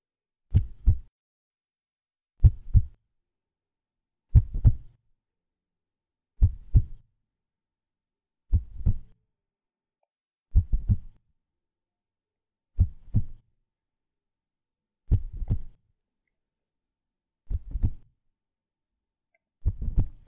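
Slow, steady lub-dub heartbeats, about 28 a minute, a clean sound effect.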